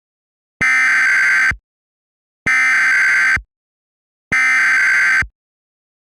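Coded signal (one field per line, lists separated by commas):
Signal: Emergency Alert System (SAME) tones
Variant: header bursts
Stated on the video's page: Simulated EAS scenario based on an animated series episode.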